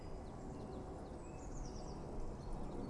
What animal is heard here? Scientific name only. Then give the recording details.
Cyanistes caeruleus. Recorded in Germany. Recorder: ecoPi